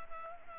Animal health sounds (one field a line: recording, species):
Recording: mosquito wingbeat signal from an infrared sensor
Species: Culex pipiens